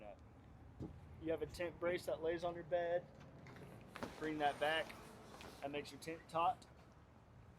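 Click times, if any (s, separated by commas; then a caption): none. A camper's tent brace, which lies on the bed, is handled and pulled back to make the tent taut, ready to lock into the camper roof frame. Someone talks throughout, with a few brief knocks around 3.5 and 4.0 seconds. The brace has not yet seated or locked in when the clip ends.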